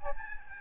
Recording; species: mosquito wingbeat signal from an infrared sensor; Aedes albopictus